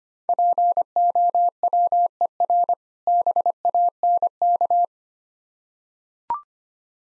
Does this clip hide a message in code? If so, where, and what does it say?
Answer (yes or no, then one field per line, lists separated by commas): yes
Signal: Morse code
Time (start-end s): 0.3-4.8 s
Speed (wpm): 25 wpm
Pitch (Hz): 700 Hz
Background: none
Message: POWER BANK